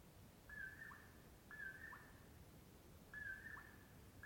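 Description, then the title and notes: Common poorwill repeating its soft whistled poor-will call three times in quick succession, with a low background rumble. Morning of 6 July 2016, before 4:30 am, early summer, Washington; mellow poor-will-low call. "On the morning of 06 July, 2016, I awoke to the mellow “poor-will-low” of a Common Poorwill"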